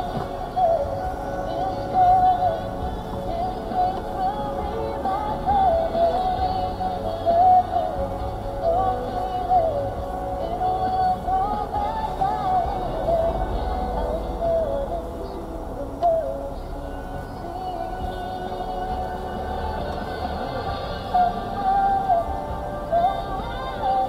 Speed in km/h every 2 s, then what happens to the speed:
2, 3, 3, 3, 2, 0, 0, 0, 0, 0, 0, 0.
0-7 steady at about 3. 7-24 standing.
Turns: none.